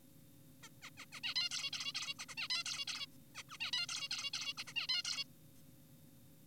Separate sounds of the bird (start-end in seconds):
0.63-0.69, 0.82-0.90, 0.98-1.06, 1.12-1.20, 1.24-1.34, 1.36-1.49, 1.51-1.70, 1.73-1.93, 1.95-2.14, 2.19-2.25, 2.29-2.35, 2.38-2.48, 2.50-2.64, 2.66-2.85, 2.88-3.06, 3.35-3.43, 3.50-3.58, 3.60-3.71, 3.73-3.86, 3.89-4.08, 4.11-4.31, 4.34-4.54, 4.58-4.64, 4.67-4.73, 4.76-4.87, 4.89-5.03, 5.05-5.24